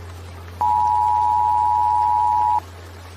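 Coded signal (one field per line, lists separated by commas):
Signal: Emergency Alert System (SAME) tones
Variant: 853 and 960 Hz attention tone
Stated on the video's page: Fictional EAS broadcast from a backup transmitter about a nuclear attack.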